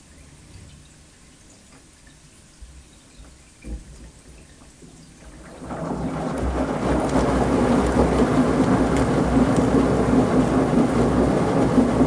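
A washing machine turns laundry with a low, quiet rumble, then around six seconds it grows much louder into a steady, dense rumbling slosh.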